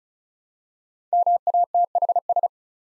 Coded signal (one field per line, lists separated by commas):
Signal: Morse code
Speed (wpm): 36 wpm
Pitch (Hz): 700 Hz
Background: none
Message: MATHS